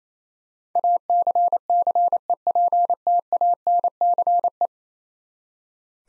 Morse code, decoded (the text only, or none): ACCEPTANCE